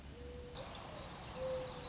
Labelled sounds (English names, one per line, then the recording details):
Mourning Dove
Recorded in Sonoma County, California